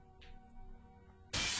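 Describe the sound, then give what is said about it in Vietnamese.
A quiet low hum runs for over a second, then a sudden loud crash of something breaking in a house bursts in and holds as a harsh, noisy roar to the end. “bất ngờ có tiếng đổ vỡ rất lớn phát lên từ ngôi nhà của Loan”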